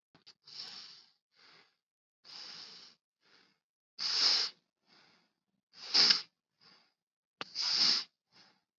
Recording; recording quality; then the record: shallow breathing; excellent, no background noise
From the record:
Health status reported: COVID-19 positive, mild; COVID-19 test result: positive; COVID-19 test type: rapid antigen test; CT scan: not taken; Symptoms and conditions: cough, fever, fatigue, muscle pain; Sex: male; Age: 44 years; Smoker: no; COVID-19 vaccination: both doses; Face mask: worn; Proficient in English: yes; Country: India